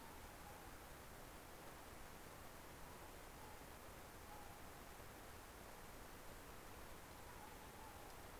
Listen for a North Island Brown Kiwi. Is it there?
no